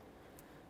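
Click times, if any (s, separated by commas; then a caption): 0.4 s. A window regulator part for a 2001-2005 Ford Explorer Sport Trac, oriented by its flat edge and locating nub, is slid into the door panel opening. A brief, bright click rises above steady low background noise at 0.4 seconds as the locating nub snaps into the hole, and the part is seated.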